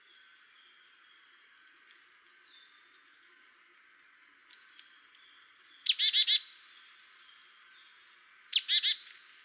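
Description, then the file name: Marsh tit calls: two bouts, each a sharp clipped note followed by a few harsh, buzzy notes, with faint thin whistles in the background. "Poecile palustris"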